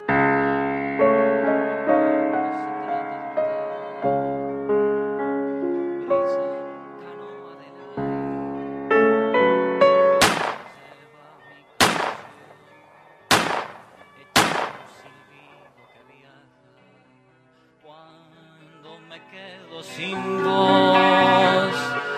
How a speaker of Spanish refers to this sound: Esos fueron los balazos que mataron a Delmira Agustini un 6 de julio de 1914 en una pieza de alquiler en la calle Andes y Canelones.